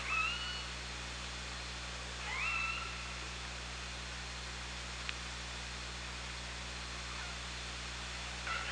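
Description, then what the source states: Killer whale calls: faint, tonal, harmonic calls with a sharp upward sweep, a few seconds apart, over steady underwater hiss and low hum. OrcaLab hydrophone, 24 August 2017, around 18:30.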